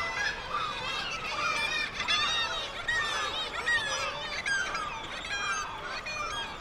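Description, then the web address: Black-legged kittiwake calling: loud, wavering, slightly squealing cries from several birds, overlapping and repeated over a busy colony background. "Black legged kittiwake. صدای-پرنده-کاکایی-پاسیاه"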